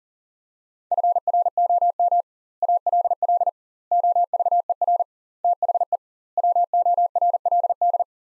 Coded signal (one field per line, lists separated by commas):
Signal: Morse code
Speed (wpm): 40 wpm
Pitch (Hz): 700 Hz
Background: none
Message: FROM ALL OVER THE WORLD